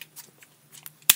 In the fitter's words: but those will click right in there and